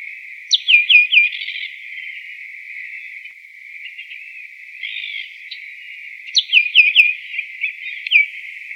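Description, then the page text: Yellow-winged blackbird giving a quick series of sharp descending chirps, a pause, softer buzzy notes, then another burst of rapid chirps, over a steady high hiss. Adult female, recorded 8 February 2008 in the city of Buenos Aires, Argentina. "Varillero Ala Amarilla (Agelasticus thilius). Jose Luis Merlo"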